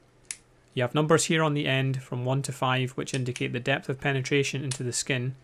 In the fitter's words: When the device is loaded, when you press this white button you can hear a click.